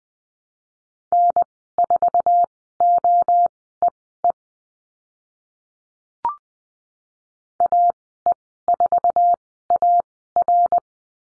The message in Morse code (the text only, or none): N4OEE AE4AR